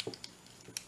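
A plastic piece of a Transformers Studio Series Sideswipe robot toy is raised toward a socket hole on the toy's back during transformation. Short sharp plastic ticks and light handling taps are heard, and the clip ends before the part goes home, so nothing has seated or clicked yet.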